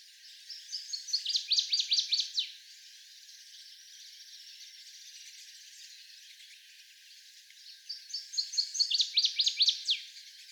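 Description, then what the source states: Northern waterthrush singing twice, about seven seconds apart. Each song is a loud series of bright, ringing notes, with soft background hiss between. 17 songs.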